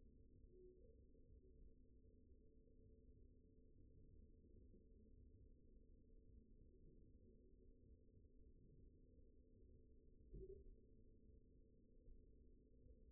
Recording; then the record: forearm muscle sounds (acoustic myography)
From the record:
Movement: pen grasping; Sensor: system 2, bracelet of six BSWA MPA416 microphones around the upper forearm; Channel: 6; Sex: male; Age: 22 years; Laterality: right